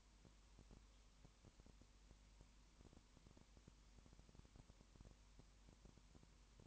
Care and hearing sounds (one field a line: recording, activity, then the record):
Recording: daily activity, microphone in the room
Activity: no activity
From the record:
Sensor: 1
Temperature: 19.7 degrees Celsius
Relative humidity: 40.5%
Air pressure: 1010.6 hPa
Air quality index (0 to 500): 209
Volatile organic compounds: 56 ppm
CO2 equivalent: 3375 ppm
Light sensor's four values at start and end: 1/2/1/1 and 1/2/1/1